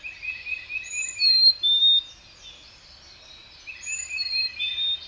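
Bird song with sweet whistled notes and falling slurs over a low chattering trill, a quiet gap, then another whistled phrase.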